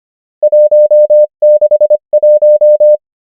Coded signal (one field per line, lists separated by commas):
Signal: Morse code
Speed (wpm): 25 wpm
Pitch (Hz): 600 Hz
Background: none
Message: 1 6 1